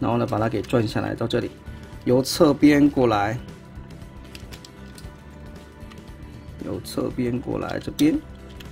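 Someone talks over background music while transforming a plastic Transformers MPM15 Brawl (Decepticon) figure, swinging a side panel on its leg over from the side and pushing it in toward the leg. Light plastic taps and knocks are heard between about 3.9 and 6.0 s and again near 8.6 s. The clip ends before the panel goes home, so nothing has seated or clicked yet.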